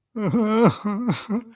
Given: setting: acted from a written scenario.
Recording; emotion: vocal sound without words; pain